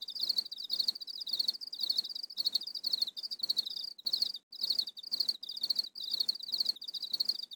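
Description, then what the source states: Crickets chirp in a thick chorus of quick pulsed bursts repeating about twice a second, with a few short breaks in the stream. A barrage of many crickets chirping together.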